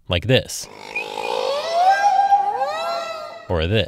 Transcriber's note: wolf sound